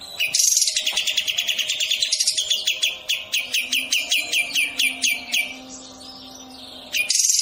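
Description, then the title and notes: Bird song: a long run of rapid, sharp downslurred notes, high and ringing, with brief harsh bursts at the start and end. Melodious song. "Burung Dengan Suara Merdu"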